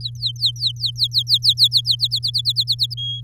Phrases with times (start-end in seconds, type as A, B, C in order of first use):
0.01-1.96 A, 1.99-2.94 B, 2.97-3.21 C